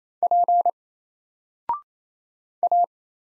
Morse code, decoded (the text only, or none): P A